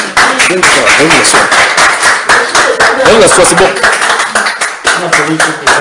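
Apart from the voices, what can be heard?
audience applauding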